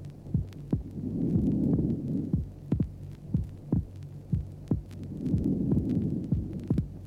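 Adult heart heard by stethoscope at the pulmonary area during normal breathing: normal, physiological splitting of the second heart sound.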